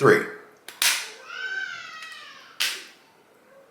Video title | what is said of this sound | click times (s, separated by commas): MOUNJARO vlog Week-7 ALMOST 2 months - 5mg Progress! Dealing with trolls. | that's that second click now I'm done I don't have to count to 10 | 0.8 s, 2.6 s